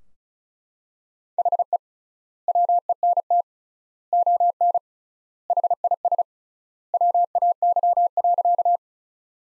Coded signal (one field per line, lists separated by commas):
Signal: Morse code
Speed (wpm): 34 wpm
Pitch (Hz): 700 Hz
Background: none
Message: HE WENT ON HIS WAY.